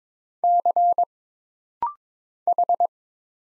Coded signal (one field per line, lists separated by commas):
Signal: Morse code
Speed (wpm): 22 wpm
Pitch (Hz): 700 Hz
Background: none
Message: C H